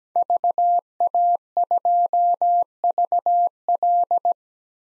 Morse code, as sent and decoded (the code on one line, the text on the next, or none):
...- .- ..--- ...- .-..
VA2VL